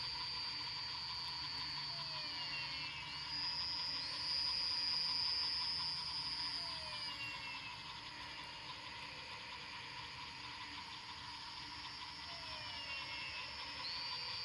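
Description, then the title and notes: Frogs calling in a thick chorus of high trills and chirps, with low falling whistles recurring every few seconds and a steady shrill drone above. Recorded at night after rain at Fortín Arce, Luque, Paraguay. "Nanawa &, PFVV+4JH, Fortín Arce, Luque 110917, Paraguay - sonidos de ranas después de la lluvia. grabación nocturna de las ranas"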